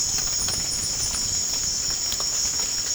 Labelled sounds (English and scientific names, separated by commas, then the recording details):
none
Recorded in pastures near Puerto Asís, Putumayo, Colombia, on 25 June 2025 at 00:00
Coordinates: 0.496, -76.326
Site GP01